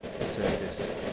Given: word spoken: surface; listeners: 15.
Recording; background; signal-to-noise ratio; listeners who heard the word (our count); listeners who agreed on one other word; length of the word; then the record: one English word in noise, from a listening test; noise modulated by three-talker babble; -6.0 dB; 1 of 15; 11 of 15; 0.73 s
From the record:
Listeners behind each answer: 11, 3, 1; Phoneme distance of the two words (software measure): 20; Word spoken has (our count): 2 syllables, 5 phonemes, stress on syllable 1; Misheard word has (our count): 2 syllables, 5 phonemes, stress on syllable 1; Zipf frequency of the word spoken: 4.63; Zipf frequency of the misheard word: 4.08